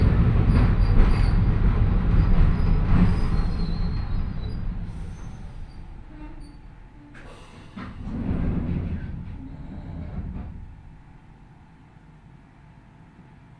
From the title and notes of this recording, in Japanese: 万葉線 高岡駅→越ノ潟。電車は吊りかけモーターなので中々の唸りをあげています。